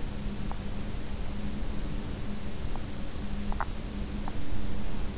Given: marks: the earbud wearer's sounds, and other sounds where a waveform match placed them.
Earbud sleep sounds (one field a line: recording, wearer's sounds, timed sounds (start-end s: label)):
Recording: sounds in sleep by an in-ear microphone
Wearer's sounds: teeth grinding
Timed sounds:
0.33-0.81 s: teeth grinding
2.78-4.43 s: teeth grinding